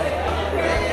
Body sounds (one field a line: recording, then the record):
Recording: background sound without coughing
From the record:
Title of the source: CITY SOUNDS Busy Bar in the Evening Night - 2 HOURS of Ambiance for Relaxation